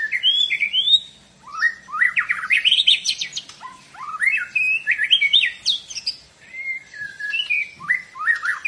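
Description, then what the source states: White-rumped shama singing a rich, varied run of clear whistled phrases, some rising and some slurred downward, with short pauses between bursts. White-rumped shama singing vigorously; lure recording meant to make the bird respond.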